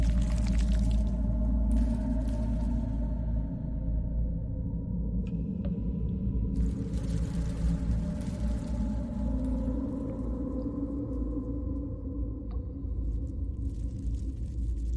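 An alien hive ambience: a constant deep rumble with a throbbing low drone that barely changes in level. Hissy bursts of brighter noise rise over it in the first two seconds and again from about six and a half seconds on, with occasional faint clicks and a brief tone near five seconds.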